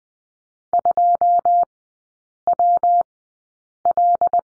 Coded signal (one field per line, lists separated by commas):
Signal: Morse code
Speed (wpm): 20 wpm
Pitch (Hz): 700 Hz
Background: none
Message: 2WL